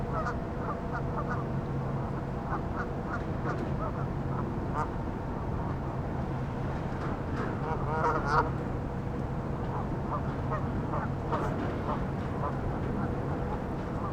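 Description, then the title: Goose: geese calling throughout, a loose chorus of short nasal honks repeated unevenly, a denser burst around the middle, over a constant low hum. "neoscenes: geese"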